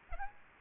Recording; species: mosquito wingbeat signal from an infrared sensor; Aedes aegypti